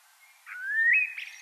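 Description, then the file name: Common blackbird with one brief, rising fluty whistle that breaks into a short, rough squeak at the end. "Turdus merula"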